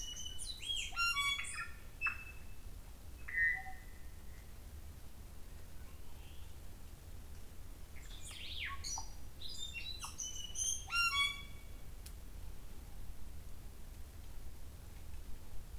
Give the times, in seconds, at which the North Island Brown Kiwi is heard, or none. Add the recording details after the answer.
none. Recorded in New Zealand on 24 November 2013. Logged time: 03:42. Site CF70